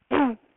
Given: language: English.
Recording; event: throat vibration sensor signal played as sound; throat clearing